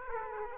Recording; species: mosquito wingbeat signal from an infrared sensor; Aedes aegypti